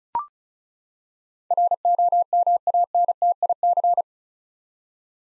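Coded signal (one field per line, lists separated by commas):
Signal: Morse code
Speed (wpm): 34 wpm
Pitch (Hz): 700 Hz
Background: none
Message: ROMANTIC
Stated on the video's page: Head-copy drill of eight-letter words at 35 wpm, each word sent in Morse, spoken, then sent again.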